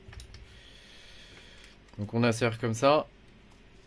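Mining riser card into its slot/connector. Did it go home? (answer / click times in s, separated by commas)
no / none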